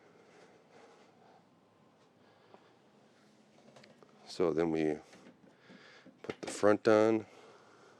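A front panel is handled and positioned onto the front of a small Lian Li A3-mATX PC case in a budget build with an AMD 4650G and a Gigabyte A520 motherboard. Faint, soft handling taps and knocks are heard while someone talks. The panel has not snapped into place yet, and nothing has seated or clicked.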